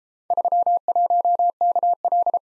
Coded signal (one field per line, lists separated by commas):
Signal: Morse code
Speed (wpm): 30 wpm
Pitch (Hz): 700 Hz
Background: none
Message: 31KL